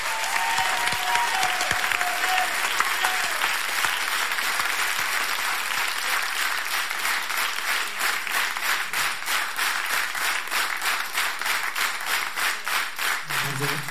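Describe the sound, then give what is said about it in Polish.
An audience at a Polish Radio Trójka concert gives sustained applause, a dense steady roar of many hands clapping that grows into a faster, more rhythmic pattern toward the end. “Brawa.”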